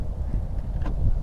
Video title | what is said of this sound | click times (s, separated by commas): Kuat NV 2.0 Bike Rack Review (with 2-Bike Add-on) | It'll lock into place. | 0.9 s